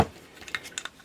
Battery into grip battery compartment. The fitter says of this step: till it locks in place